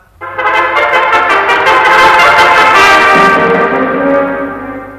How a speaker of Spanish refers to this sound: ¡Trompetas!